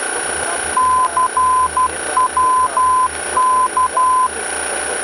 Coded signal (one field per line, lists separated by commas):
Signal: Morse code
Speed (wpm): 12 wpm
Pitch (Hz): 1020 Hz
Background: none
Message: CWK